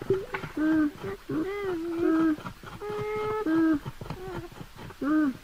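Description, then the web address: Beaver whining, a series of nasal, harmonic whines, some short and falling, others held steady for nearly a second, irregularly spaced. "animal-sound beaver-sound"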